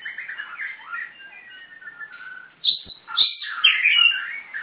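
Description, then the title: Magpie-robin warbling quietly with slurred whistles at first, then breaking into louder, sharper and more complex phrases in the second half. "Kacer4"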